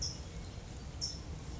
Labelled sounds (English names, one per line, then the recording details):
California Towhee
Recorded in Sonoma County, California